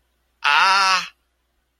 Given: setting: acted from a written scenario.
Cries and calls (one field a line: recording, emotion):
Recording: vocal sound without words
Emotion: pain